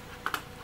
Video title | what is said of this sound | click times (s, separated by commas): ABS It Is! - Design Injection Molded Products | is the battery door as you can see has a really nice click to it | 0.3 s